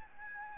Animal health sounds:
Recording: mosquito wingbeat signal from an infrared sensor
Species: Aedes albopictus

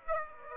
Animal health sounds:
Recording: mosquito wingbeat signal from an infrared sensor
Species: Aedes aegypti

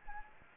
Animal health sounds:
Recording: mosquito wingbeat signal from an infrared sensor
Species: Aedes aegypti

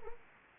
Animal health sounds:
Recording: mosquito wingbeat signal from an infrared sensor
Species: Anopheles arabiensis

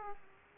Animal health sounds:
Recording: mosquito wingbeat signal from an infrared sensor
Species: Aedes aegypti

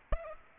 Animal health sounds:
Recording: mosquito wingbeat signal from an infrared sensor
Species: Aedes aegypti

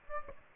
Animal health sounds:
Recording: mosquito wingbeat signal from an infrared sensor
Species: Aedes aegypti

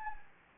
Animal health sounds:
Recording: mosquito wingbeat signal from an infrared sensor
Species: Anopheles gambiae

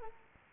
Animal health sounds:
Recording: mosquito wingbeat signal from an infrared sensor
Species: Culex quinquefasciatus

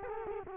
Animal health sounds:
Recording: mosquito wingbeat signal from an infrared sensor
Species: Culex quinquefasciatus

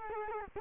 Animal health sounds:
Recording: mosquito wingbeat signal from an infrared sensor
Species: Culex quinquefasciatus

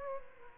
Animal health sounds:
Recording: mosquito wingbeat signal from an infrared sensor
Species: Aedes aegypti

